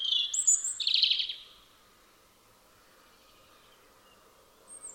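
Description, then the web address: Robin's high, tinkling warbled phrase with a rapid trill, followed by quiet and a faint thin note at the end. "Deverinetal 2025 File origin Bird Only Er Ru"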